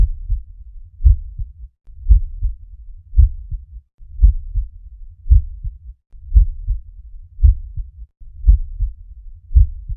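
Normal heart sounds from an adult, heard through a stethoscope: a steady, regular low-pitched lub-dub rhythm.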